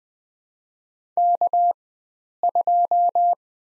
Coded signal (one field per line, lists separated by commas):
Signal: Morse code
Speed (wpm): 20 wpm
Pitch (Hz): 700 Hz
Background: none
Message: K2